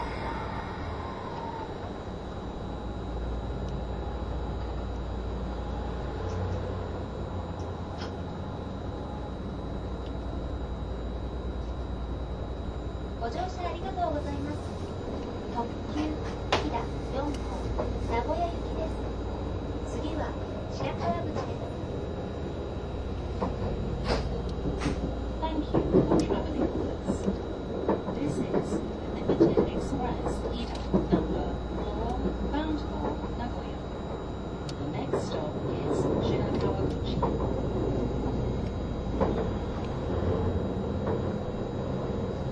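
Running noise of a train in motion: a steady low rumble and hum fills the whole recording, with a faint high whine throughout. From about 13 seconds on, frequent clicks, clacks and rattles join in, busiest between 25 and 37 seconds, along with faint voices.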